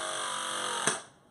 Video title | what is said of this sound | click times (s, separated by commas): Water Heater Installation! | once you do that click you can release the jaws and then | 0.9 s